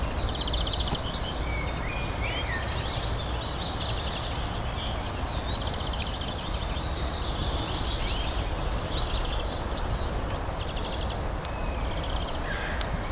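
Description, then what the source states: European serin song: high, rapid jingling twitter in two long bursts, the second lasting about seven seconds, over steady low rumbling background noise. Recorded at Ystad, Sweden, in 2012.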